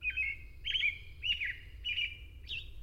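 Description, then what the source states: American Robin song: short caroling phrases, each a slurred warble, given in a steady series over a low rumbling background. Song described as a serenade and a sign of spring.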